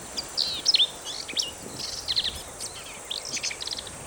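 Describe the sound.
Black-capped vireo song, an energetic tumble of squeaky slurred whistles and scratchy chatter, delivered in rapid phrases almost without pause.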